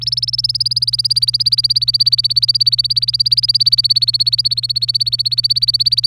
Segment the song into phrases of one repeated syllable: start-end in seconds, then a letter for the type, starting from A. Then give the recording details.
0.01-6.06 A. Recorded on 25 April 2018 at 06:55. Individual llb3